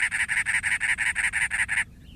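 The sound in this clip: Cactus wren song, a run of about ten loud, scratchy, evenly spaced notes delivered quickly before falling silent.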